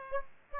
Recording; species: mosquito wingbeat signal from an infrared sensor; Aedes aegypti